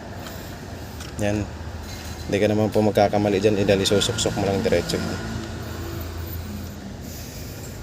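A spiral cable (clock spring) on a Toyota Vios with no horn is slid straight onto the steering column and lined up before locking, while someone talks. Nothing has seated or clicked yet, and the lock tabs have not engaged.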